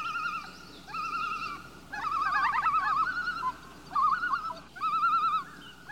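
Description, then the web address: Loon flight calls: wavering, yodel-like tremolos repeated in several bouts, quavering most strongly in the middle. Calls given by a loon in flight. "bird loon flight calls animal"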